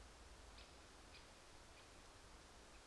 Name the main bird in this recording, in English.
Great Spotted Woodpecker